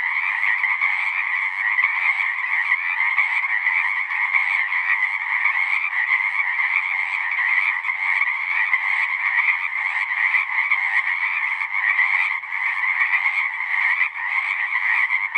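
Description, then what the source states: Pacific chorus frogs keep up a loud, sustained chorus of overlapping creaky calls, steady in volume from start to finish with no break. Full chorus after dusk; males giving the advertisement call, a distinct kree-eeck or ribbit, to attract females.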